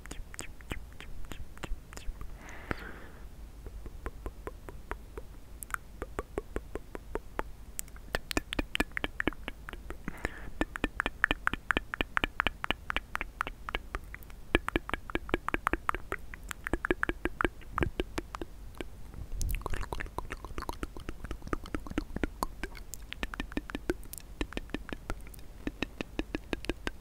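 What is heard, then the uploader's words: Mouth sounds: a dense, fast run of wet clicks, smacks and pops that continues through the whole clip with only brief thin gaps. The clicks are sharp and bright, with a louder cluster near 19–20 seconds and some breathy hiss between them. ASMR Mouth Sounds.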